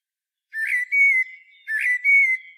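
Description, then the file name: Common blackbird giving two clear whistled phrases, each a brief low fluty note sliding into a longer steady whistle, with faint high overtones and silence between. "Turdus merula"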